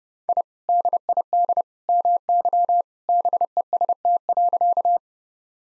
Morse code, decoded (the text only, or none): I DID MY BEST.